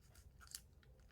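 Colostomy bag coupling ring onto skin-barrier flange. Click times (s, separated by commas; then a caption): 0.6 s. A plastic coupling ring on a colostomy bag is pushed onto the skin-barrier flange worn on the body, a click-lock that can sometimes be hard to click on. After soft rustling and a faint tap near 0.2 s, a sharp, bright snap comes at 0.6 s. The ring is seated and locked onto the flange.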